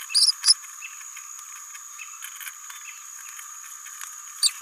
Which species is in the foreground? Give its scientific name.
Forpus passerinus